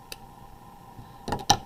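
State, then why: Seated. A plastic cap is pushed back onto the barrel of a felt-tip marker after drawing, over a quiet steady background tone. A faint tick comes at 0.1 s and soft scraping clicks at 1.3 s, then a sharp, loud snap at 1.5 s. The cap is seated on the marker.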